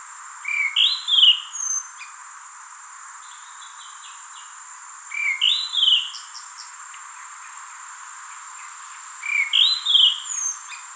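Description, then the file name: Abyssinian ground thrush delivering three melodious whistled phrases, each ending in a rapid trill and repeated about every four seconds, against faint high-pitched hiss. "James Bradley - Golosistyj drozd Zoothera piaggiae"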